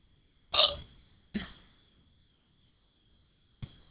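An adult hiccupping: three abrupt, sharp hiccup sounds at irregular intervals over about four seconds, with a faint steady high-pitched hum in the background.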